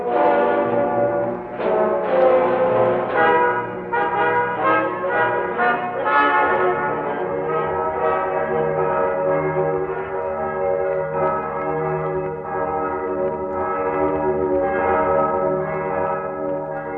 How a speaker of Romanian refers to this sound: Clopotele bat ora în miezii.